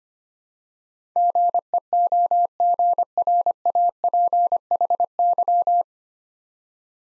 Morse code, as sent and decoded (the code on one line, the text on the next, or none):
--. . --- --. .-. .- .--. .... -.--
GEOGRAPHY